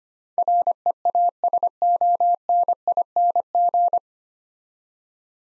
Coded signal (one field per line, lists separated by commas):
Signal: Morse code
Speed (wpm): 25 wpm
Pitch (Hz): 700 Hz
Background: none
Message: REASONING